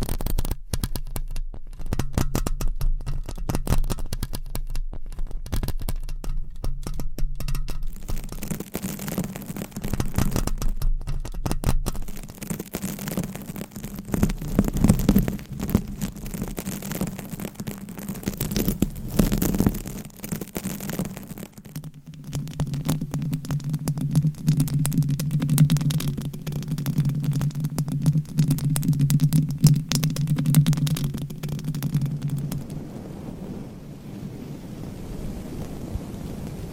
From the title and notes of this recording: ASMR Mic Scratching - Brain Scratching with 9 Mics & XXL ULTRA LONG NAILS No Talking.